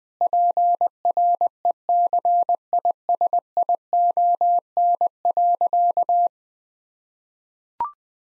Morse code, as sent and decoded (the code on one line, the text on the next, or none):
.--. .-. . -.-. .. ... .. --- -. .-.-.-
PRECISION.